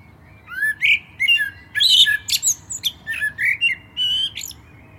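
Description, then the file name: Common blackbird song, fluty rising and falling whistles mixed with high squeaky twitters, delivered in a lively sequence of short phrases. "Turdus merula"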